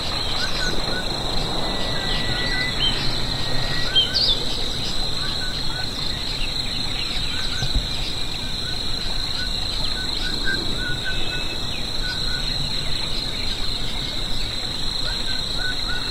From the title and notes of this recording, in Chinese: 空旷田野的石桥上听大自然的奏鸣曲。声音都是我亲自去田野里录的。